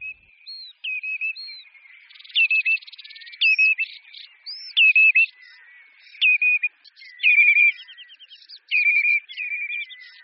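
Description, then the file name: Common redshank calls, clear piping notes repeated in uneven bursts, some with hooked, rising-then-falling shapes and short rattling runs. "Vodouš-rudonohý"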